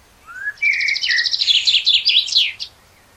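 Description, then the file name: Common blackbird song: a short rising fluted note, then a low warble that runs into a fast, high, squeaky twitter lasting about two seconds. "Turdus merula"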